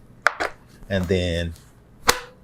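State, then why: Seated. The foam wing of an RC EDF jet, lined up with its spar and alignment blocks, is pushed onto the fuselage wing base. After a sharp tap near 0.3 s and someone talking briefly, a crisp snap is heard at 2.1 s as the wing seats in place on the fuselage.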